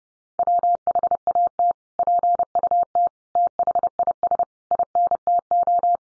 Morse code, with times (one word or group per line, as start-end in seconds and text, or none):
0.4-1.7 WHAT
2.0-3.1 PUT
3.4-4.4 THIS
4.7-6.0 INTO